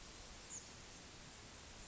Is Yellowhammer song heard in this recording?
no